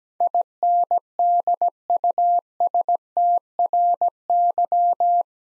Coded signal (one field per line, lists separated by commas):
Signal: Morse code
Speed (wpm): 17 wpm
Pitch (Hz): 700 Hz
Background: none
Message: INDUSTRY